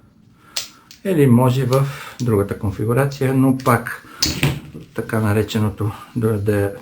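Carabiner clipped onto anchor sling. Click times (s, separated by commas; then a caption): 0.6 s. A 5-ton carabiner is clipped onto a tree-climbing sling set up as an anchor around a tree trunk, and its gate snaps shut with a sharp, short click at 0.6 s, so the carabiner is seated on the sling. Someone then talks for the rest of the clip.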